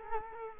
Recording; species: mosquito wingbeat signal from an infrared sensor; Culex quinquefasciatus